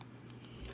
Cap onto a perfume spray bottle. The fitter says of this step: you heard that click into place this stuff